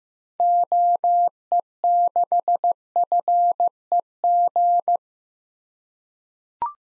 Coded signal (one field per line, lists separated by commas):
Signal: Morse code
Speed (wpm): 15 wpm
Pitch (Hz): 700 Hz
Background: none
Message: OE6FEG